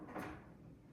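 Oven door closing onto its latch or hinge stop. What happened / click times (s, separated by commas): The door is being moved but has not latched yet / none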